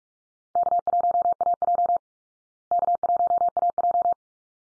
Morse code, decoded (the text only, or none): K1AJ K1AJ